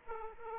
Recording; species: mosquito wingbeat signal from an infrared sensor; Aedes aegypti